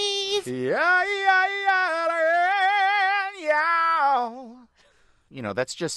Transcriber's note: singing; speaking